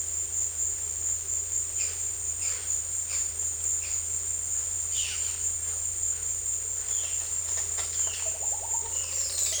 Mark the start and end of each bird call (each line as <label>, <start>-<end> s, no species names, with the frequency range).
bird call (1.8-6.1 kHz), 1.75-2.00 s
bird call (1.7-5.8 kHz), 2.38-2.60 s
bird call (1.5-5.8 kHz), 3.08-3.29 s
bird call (1.9-6.4 kHz), 4.92-5.22 s
bird call (0.1-8.6 kHz), 8.21-9.60 s